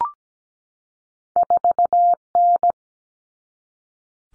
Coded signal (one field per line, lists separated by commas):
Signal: Morse code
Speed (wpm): 17 wpm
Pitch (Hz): 700 Hz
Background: none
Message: 4N